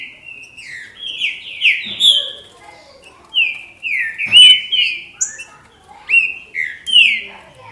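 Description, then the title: Green-winged saltator song in three bursts of loud, downward-sliding whistled phrases separated by short pauses, with sharp high chirps scattered through. "Trinca Ferro"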